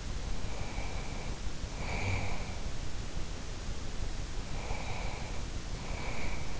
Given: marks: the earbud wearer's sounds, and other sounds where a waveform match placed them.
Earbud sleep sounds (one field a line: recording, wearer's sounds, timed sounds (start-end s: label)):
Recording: sounds in sleep by an in-ear microphone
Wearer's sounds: breath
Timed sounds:
0.12-2.59 s: breath
4.37-6.60 s: breath